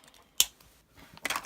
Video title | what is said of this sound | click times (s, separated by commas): Oval Flower Card – Carol Creates With Stampin’ Up! | make sure my lids are on I can't hear all the snapping | 0.4 s, 1.2 s